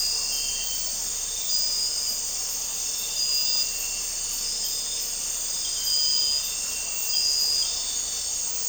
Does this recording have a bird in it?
no